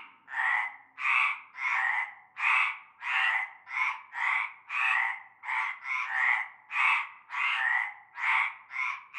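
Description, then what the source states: Frogs croaking in a chorus, harsh rasping croaks in a fast series. Frog chorus at nightfall in a large concrete basin with stagnant greenish water, Avenue Cante Coucou, Groupède, La Ciotat, Bouches-du-Rhône, France.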